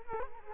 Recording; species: mosquito wingbeat signal from an infrared sensor; Culex quinquefasciatus